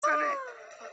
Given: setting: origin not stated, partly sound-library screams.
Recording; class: one-second piece from a danger detection set; woman in danger